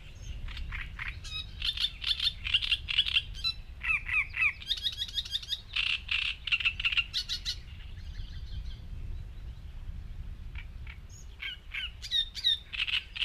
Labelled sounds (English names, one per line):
Great Reed Warbler song